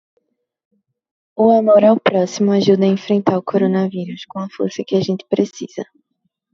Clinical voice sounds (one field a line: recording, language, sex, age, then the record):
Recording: spoken sentence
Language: Brazilian Portuguese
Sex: female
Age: 20 to 29 years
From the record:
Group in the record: control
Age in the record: 22 years